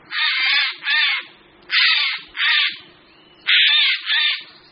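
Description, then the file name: Eurasian jay uttering three pairs of loud, grating screeches, each pair separated by a short pause, over a faint low background hum. "Sojka obecná"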